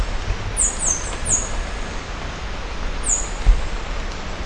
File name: olive finch